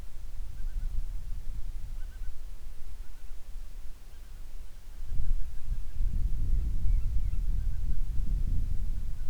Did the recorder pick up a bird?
yes